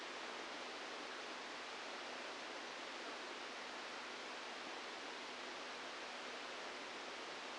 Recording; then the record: brain microelectrode recording played as sound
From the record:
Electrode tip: outside the subthalamic nucleus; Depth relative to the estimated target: 4 mm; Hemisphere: left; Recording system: NeuroSet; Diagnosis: Parkinson's disease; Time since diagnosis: 17 years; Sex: male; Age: 64 years